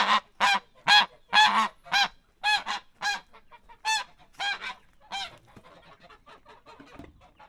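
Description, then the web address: Domestic goose honking: loud harsh nasal honks in a rapid irregular series, fading to softer, quieter honks toward the end. Domestic goose in a farmyard. "allathangok parasztudvar hazilud liba liba"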